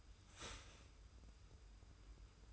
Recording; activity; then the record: daily activity, microphone in the room; start toaster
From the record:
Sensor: 2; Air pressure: 990.5 hPa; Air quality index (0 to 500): 164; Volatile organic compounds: 823 ppm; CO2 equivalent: 5149 ppm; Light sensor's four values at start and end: 28/67/27/27 and 28/67/27/27